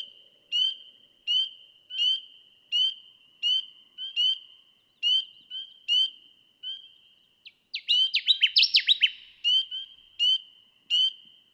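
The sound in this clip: Connecticut warbler delivers a short, loud burst of rapid notes late, amid regularly repeated steady high tones with ticks.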